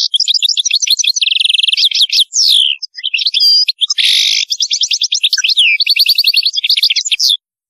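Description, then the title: European goldfinch singing continuously: fast, liquid twitters mixed with rattling trills and a harsh buzzy note, lively and varied throughout. "Chant Chardonneret"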